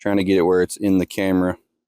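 A plastic lighted nock on an arrow is being handled and lined up to be pressed onto the bowstring inside the D-loop. Someone talks throughout the clip, and nothing has seated or clicked yet.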